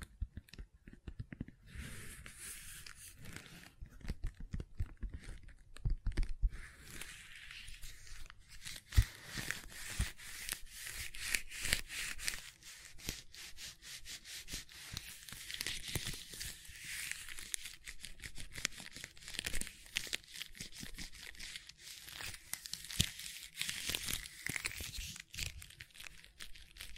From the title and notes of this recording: ASMR Gentle Silicon Sounds for Sleep (No Talking).